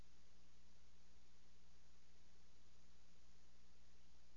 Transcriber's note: none